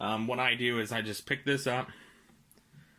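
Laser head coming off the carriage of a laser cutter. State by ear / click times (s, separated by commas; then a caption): released / 2.5 s, 2.6 s. Someone talks while a laser head is lifted slowly off its magnetic mount on the carriage of a Glowforge laser cutter. It pops free with two quiet clicks at 2.5 s and 2.6 s, and the head comes off its mount.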